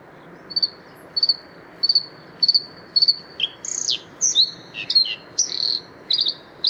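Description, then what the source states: Bluethroat song: high clear notes repeated about every half second, then quicker varied phrases with sharp downslurs and buzzy trills, over a steady low background hiss. 6 April 2014 at the Isar river mouth (Isarmündung), Deggendorf district.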